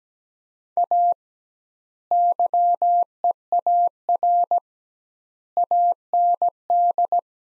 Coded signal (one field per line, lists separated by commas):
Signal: Morse code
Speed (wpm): 17 wpm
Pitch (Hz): 700 Hz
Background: none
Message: A YEAR AND